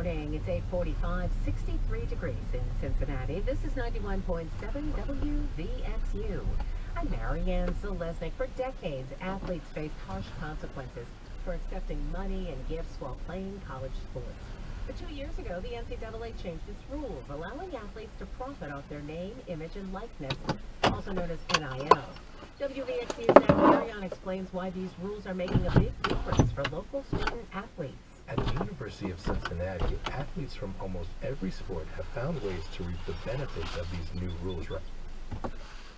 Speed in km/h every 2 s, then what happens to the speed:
10, 8, 6, 0, 0, 0, 0, 0, 0, 0, 0, 0, 0, 0, 0, 0, 0, 0.
0-5 slows to 0. 5-36 standing.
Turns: none.